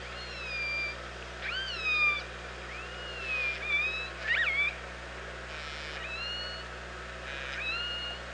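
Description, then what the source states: Orca calls in a busy run: repeated harmonic upswept and arching calls, some overlapping, about one each second, with buzzy pulsed bursts and steady low hum beneath. Recorded at OrcaLab on 24 August 2017, around 07:46.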